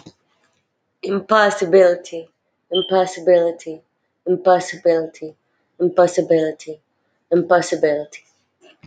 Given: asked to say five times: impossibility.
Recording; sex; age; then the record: repeated word; female; 20 to 29 years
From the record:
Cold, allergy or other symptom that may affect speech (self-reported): no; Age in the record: 22 years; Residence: Alabama, United States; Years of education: 12